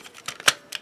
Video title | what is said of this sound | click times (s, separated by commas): Spanning The Generations: Megatron | lock locks into place there flip the foot out | 0.5 s